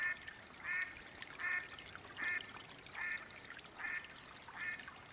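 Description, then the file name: Mallard quacking, six rasping nasal quacks evenly spaced about every three quarters of a second over a constant hissing background. Female hen, quacking calls. "Mallard duck quacking call sounds Female Hen"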